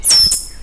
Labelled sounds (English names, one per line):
Stitchbird song